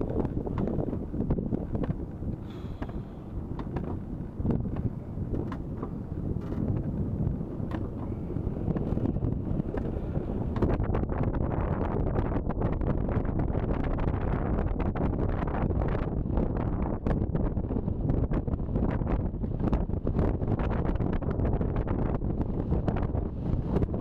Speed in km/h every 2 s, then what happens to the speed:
15, 17, 20, 22, 25, 27, 29, 31, 35, 36, 38, 42.
0-24 speeds up to 42.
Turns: none.